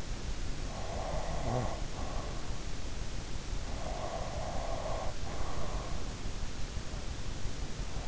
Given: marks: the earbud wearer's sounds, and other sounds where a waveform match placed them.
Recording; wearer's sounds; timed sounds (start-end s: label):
sounds in sleep by an in-ear microphone; snoring breath, breath
0.69-2.76 s: snoring breath
3.73-6.25 s: breath